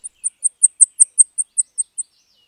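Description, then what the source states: Blackpoll warbler song, a series of about eleven very high, thin, sibilant notes evenly spaced, swelling then fading slightly, in a quiet background. Sibilant, squeaky bike wheel song; spring migrants on the Cape, stopping over on the way to northern spruce forests.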